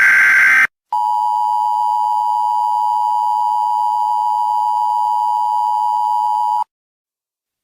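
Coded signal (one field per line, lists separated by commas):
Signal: Emergency Alert System (SAME) tones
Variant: 853 and 960 Hz attention tone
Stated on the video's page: Mock EAS/EBS videos with valid tones.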